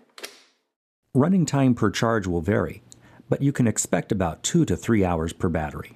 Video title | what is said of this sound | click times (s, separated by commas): RIDGID SeeSnake® LT1000 Laptop Interface inspectiecamera (art. 35978, 36658) | to power the unit with a battery slide a charged battery into the battery dock until it clicks into position | 0.2 s